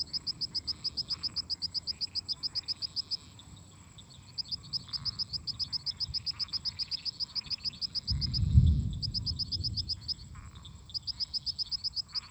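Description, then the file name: Cricket singing in fast, regular high chirps that stop twice for about a second, over a frog and toad chorus, with a low rumble later on. Crickets singing constantly together with toads and frogs. "Grilos cantando constantemente em conjunto com sapos e ras"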